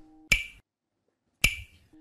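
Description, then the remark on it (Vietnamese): Two crisp wooden clicks from a handmade song lang clapper, played on a clear, windy afternoon, spaced about a second apart, each sharp and bright with a short ringing decay, over a faint steady hum. “Tiếng sông lan vang lên giữa buổi chiều quang du, gió lộng bốn bề, nghe thật lạ, ma mị nhưng rất hay, rất có hồn.”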